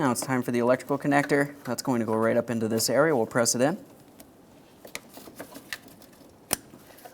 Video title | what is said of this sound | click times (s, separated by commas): How to Replace Front Grille Mounting Bracket 2011-2021 Jeep Grand Cherokee | listen for a click from that give it a tug make sure it's secure lock it in with your red tab | 6.5 s